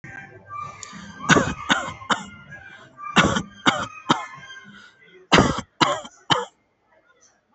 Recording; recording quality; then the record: shallow voluntary cough; excellent, no background noise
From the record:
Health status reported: healthy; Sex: male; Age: 26 years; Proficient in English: yes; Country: India